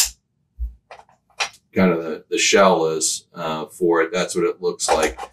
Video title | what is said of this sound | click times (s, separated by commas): Dell 7230 Rugged Tablet #iwork4dell | put it in the charger uh it snaps back in you want to see what the | 0.0 s